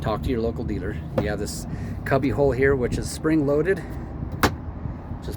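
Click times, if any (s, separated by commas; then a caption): 4.4 s. Someone talks while closing the spring-loaded cubby hole lid on the dash of a 2024 Kawasaki Ridge UTV. A sharp plastic snap at 4.4 seconds shows the lid has popped in and seated.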